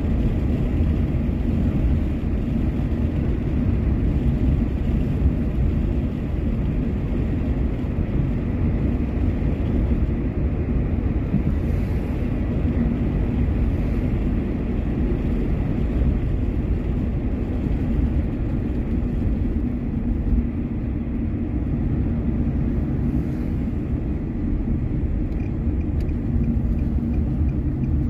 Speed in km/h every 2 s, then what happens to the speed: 56, 55, 54, 53, 52, 52, 51, 50, 47, 39, 37, 35, 33, 29.
0-15 steady at about 52. 15-28 slows to 29.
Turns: none.